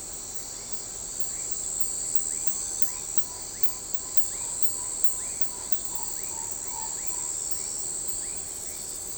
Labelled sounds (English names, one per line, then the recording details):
none
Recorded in shrubland near Pivijay, Magdalena, Colombia, on 14 April 2023 at 00:30
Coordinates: 10.453, -74.365
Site P5-G022